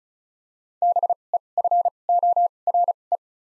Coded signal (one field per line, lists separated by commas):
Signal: Morse code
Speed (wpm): 34 wpm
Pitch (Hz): 700 Hz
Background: none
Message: B E F O R E